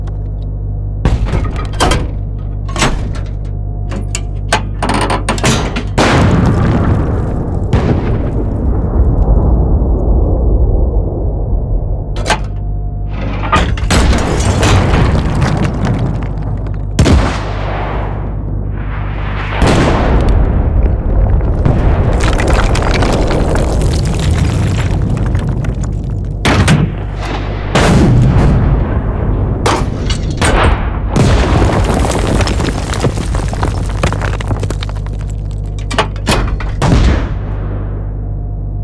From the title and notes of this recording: Created using real field recordings. Loud explosions, distant blasts, military tank firing and reloading, mechanical parts, incoming artillery shells, debris.